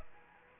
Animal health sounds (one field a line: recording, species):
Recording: mosquito wingbeat signal from an infrared sensor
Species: Aedes aegypti